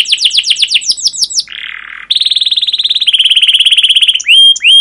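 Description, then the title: Canary song opening with quick descending chirps, a short harsh buzzy note, then rapid trills and a few clear upslurred whistles. Singing canary used as a lure to train other canaries; described as chirping with long rolling song. "CUIT CUIT NGEROL LANGSUNG GACOR PANJANG Kenari Ini AMPUH Utk Pancingan KENAR. Masteran Suara Burung Kenari Gacor Panjang cuit cuit Ngerol untuk Pancingan Kenari!"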